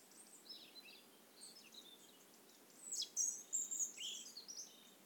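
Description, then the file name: European robin giving thin, high twittering phrases that grow louder and busier after three seconds, with soft background hiss throughout. "Erithacus rubecula"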